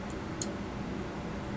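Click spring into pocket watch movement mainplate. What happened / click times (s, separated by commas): A small steel spring dropped into its seat / 0.4 s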